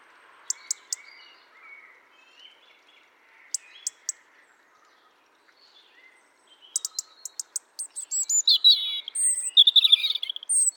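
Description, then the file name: European robin with scattered faint ticks and soft notes at first, followed by a loud, rich, high warbling phrase in the last few seconds. "Erithacus rubecula"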